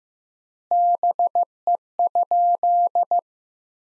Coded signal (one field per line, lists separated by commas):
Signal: Morse code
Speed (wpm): 15 wpm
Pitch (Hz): 700 Hz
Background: none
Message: BE?